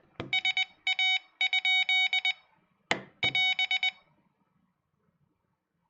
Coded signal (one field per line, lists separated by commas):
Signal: Morse code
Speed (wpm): 20 wpm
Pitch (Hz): 2250 Hz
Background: none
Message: SA? <AS>